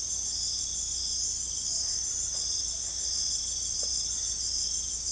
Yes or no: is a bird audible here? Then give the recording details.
no. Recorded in secondary vegetation near Puerto Asís, Putumayo, Colombia, on 16 December 2024 at 22:00. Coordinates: 0.468, -76.324. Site G095